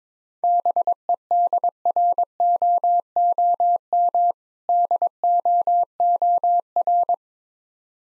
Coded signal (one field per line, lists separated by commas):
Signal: Morse code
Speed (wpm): 23 wpm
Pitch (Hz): 700 Hz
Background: none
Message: BEDROOM DOOR